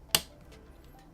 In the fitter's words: press it completely down until you hear a click,